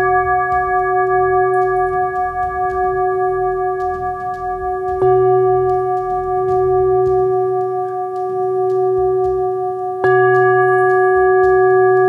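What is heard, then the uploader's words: A singing bowl rings with a steady, pure tone and layered overtones, struck again at about five and ten seconds, each strike sustaining evenly. Singing Bowls. The resonating sounds of the ancient instruments.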